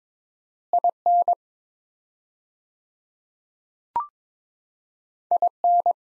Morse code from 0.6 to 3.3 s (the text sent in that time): IN